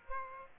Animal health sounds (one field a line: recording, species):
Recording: mosquito wingbeat signal from an infrared sensor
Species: Aedes aegypti